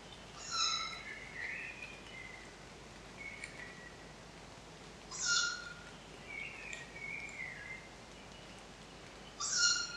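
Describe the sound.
Tawny owl repeating a harsh, piercing call three times, spaced roughly five seconds apart, with quieter sliding whistled notes between calls.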